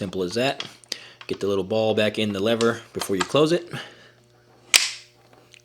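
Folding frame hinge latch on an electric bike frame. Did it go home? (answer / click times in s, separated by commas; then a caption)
yes / 4.8 s. Someone talks about getting the little ball back in the lever, then closes the metal folding-frame hinge latch on an AMYET Ares 52v dual-motor folding electric bike. It shuts with a sharp snap at 4.8 s and locks into place, followed by a few faint ticks.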